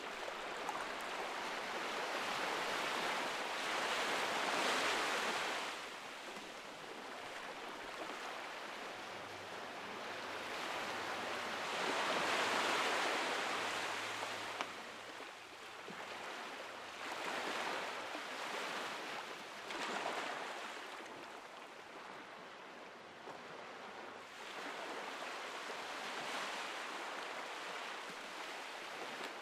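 Ocean waves wash in and pull back in slow, rolling surges, the loudest building around five seconds and again near twelve. Later swells arrive smaller and quicker, around seventeen, twenty and twenty-four seconds, over a steady hissing wash of foam.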